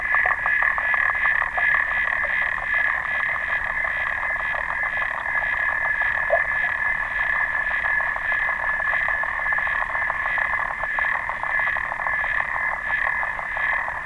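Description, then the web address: Clawed frog giving a continuous fast ticking trill, bright and metallic, pulsing gently in strength across the whole stretch without pause. "sounds xenopus"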